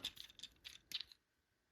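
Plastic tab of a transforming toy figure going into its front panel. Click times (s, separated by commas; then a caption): 1.0 s. During transformation of a Transformers Studio Series Gamer Edition Deluxe Class Cliffjumper action figure, a plastic tab is pressed into the small front panel to secure the robot-mode parts. A series of light plastic taps and rattles leads to a soft little click at 1.0 s, followed by near silence. The tab is seated.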